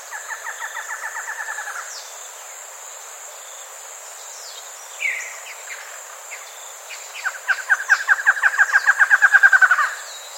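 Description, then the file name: Bird repeating a pulsed trill twice, a soft one at the start and a louder one late, with scattered high chirps between. "SABIOD 50 bird 2015"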